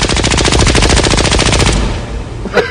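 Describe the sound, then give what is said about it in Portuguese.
A loud burst of rapid automatic gunfire, a sound effect of shots fired in quick succession for nearly two seconds, then fading into a rumbling echo with one last sharp crack. “Puta, cara, ó, se tá rolando agora, cara, vai tomar um tiro agora, essa porra.”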